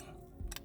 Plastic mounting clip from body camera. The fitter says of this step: You got to get in there and use your fingernail and press this, and then it pops out.